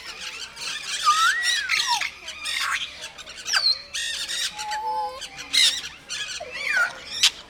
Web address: allathangok nyiregyhazizoo 2019 professzionalis jako papagaj nyugiskornyezet nyiregyhaza